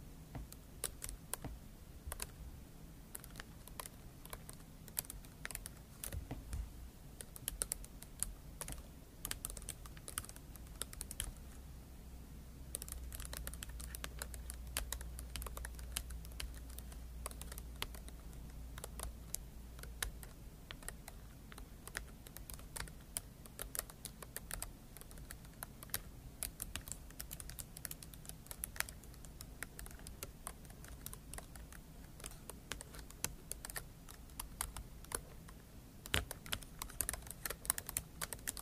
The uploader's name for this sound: Scratching & Tapping ASMR